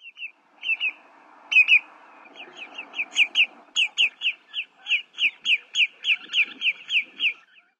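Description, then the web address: Greater yellowlegs calling: clear, whistled, downslurred notes, first in short bursts, then a long, even series. "Songs of Birds of North America Western USA Songbirds. Greater Yellowlegs"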